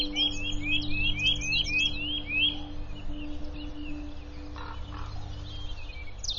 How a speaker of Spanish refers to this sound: La primavera ha llegado por fin al Harz. Los coros de cortejo de petirrojos y trepatroncos resuenan por todo el bosque.